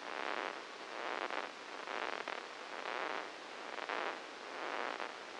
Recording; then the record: brain microelectrode recording played as sound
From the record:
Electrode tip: inside the subthalamic nucleus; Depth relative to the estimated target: 1 mm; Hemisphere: left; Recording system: NeuroSet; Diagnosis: Parkinson's disease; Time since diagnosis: 8 years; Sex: male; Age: 59 years